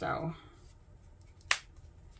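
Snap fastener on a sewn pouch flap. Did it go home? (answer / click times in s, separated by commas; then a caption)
yes / 1.5 s. Someone talks briefly, then the flap of a sewn fabric pouch is flipped up and its metal or plastic snap fastener is pressed closed. A single sharp snap sounds at 1.5 s, and the fastener is seated closed.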